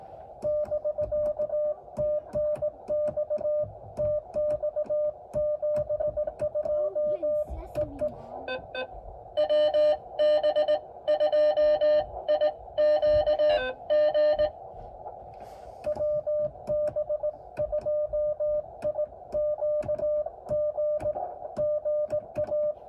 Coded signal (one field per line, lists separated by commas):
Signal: Morse code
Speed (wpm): 18 wpm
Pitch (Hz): 600 Hz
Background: music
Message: <BK> TNX TX 72 EE WB2IQG WB2IQG GA